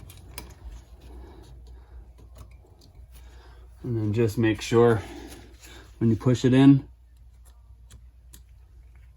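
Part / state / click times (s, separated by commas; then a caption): fork oil seal retaining clip into motorcycle fork outer tube groove / not seated / none. A steel retaining clip above the fork oil seal is handled with a screwdriver at the groove of the outer fork tube on a 1996 Yamaha YZ125 two-stroke's KYB forks, with scattered faint metallic ticks and taps while someone talks. The clip has not yet clicked into its groove, so nothing has seated.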